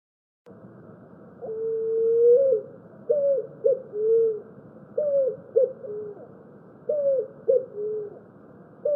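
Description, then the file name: Picazuro pigeon song, opening with a long drawn coo, then repeated three-note hooting phrases, each with a sharp rising note and a falling tail. "canto do pombao"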